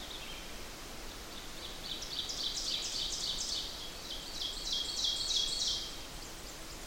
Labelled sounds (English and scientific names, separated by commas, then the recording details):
Ovenbird (Seiurus aurocapilla) song
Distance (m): 40 m
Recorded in boreal forest in Alberta, Canada, on 8 June 2016 at 06:01
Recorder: SongMeter 3, array SBT-3-9
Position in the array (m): 50 m, 107 m
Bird 33